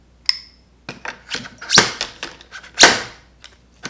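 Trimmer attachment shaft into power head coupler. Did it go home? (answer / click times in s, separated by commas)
no / none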